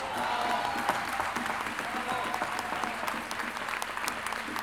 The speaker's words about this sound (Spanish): Un gran aplauso para todos mis hermanos, mis compañeros de trabajo y de labor.